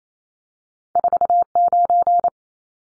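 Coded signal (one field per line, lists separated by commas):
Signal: Morse code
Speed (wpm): 28 wpm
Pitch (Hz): 700 Hz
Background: none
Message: 49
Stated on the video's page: Morse code head-copy drill of two-digit numbers at 28 wpm, each number sent, spoken, then sent again.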